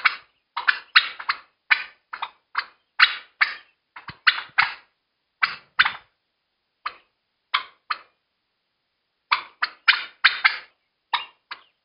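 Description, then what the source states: Turkey giving rapid, harsh notes in uneven clusters, quick doubles and triples separated by short pauses, with no other sounds. Panic call.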